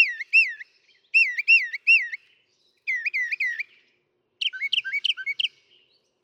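Northern mockingbird song: clear whistled rising-falling notes in short groups of two or three, then a quicker chattering phrase of sharp notes.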